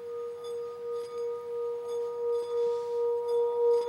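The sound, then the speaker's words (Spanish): A resonant bowl rings like a bell, holding one steady, clear tone with faint higher overtones, its loudness gently wavering and pulsing throughout, with no voices. “Por ejemplo, esto es chulísimo, funciona como una campana.”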